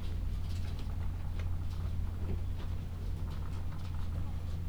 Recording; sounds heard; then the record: poultry house recording; sick chickens (respiratory disease)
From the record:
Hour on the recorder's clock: 13